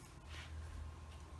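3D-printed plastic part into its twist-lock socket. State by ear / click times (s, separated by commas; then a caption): not seated / none. A 3D-printed plastic part is slid into its mating twist-lock socket, an easy fit, before it is turned. A soft, brief sliding rustle is heard over a steady low hum. Nothing has seated or clicked yet.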